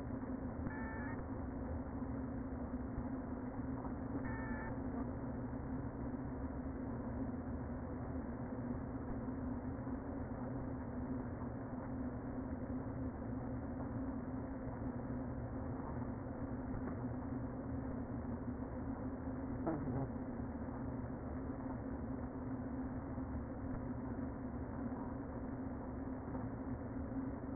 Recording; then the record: honeybee colony, microphone inside the hive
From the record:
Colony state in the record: queen present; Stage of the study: before two queens were removed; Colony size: about 60,000 bees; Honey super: yes